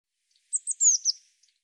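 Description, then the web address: Eurasian blue tit call: a brief string of very high, thin notes sliding downward, heard once against silence. "cianscape birddata Deverinetal 2025 File cleaned normalized Bird Cy Ca"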